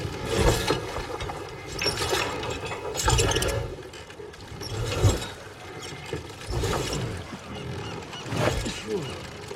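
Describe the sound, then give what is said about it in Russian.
A winch on a boat at sea hauls fishing nets up from the sea, its ratcheting, grinding mechanism surging in repeated loud bursts every second or so, with clanks and creaks and a faint voice now and then. “Он уплыл в море и поднимает сети из моря.”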